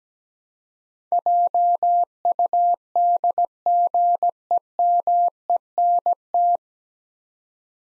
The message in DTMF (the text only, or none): none